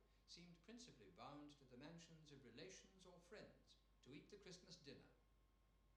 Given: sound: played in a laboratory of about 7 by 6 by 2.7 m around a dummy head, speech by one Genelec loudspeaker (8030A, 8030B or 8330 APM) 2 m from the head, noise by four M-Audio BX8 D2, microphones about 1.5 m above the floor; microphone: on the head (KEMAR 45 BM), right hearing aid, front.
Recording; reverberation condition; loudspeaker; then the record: male speech in English; medium; 30 degrees to the right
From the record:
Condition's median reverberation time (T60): about 510 ms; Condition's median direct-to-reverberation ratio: about -0.5 dB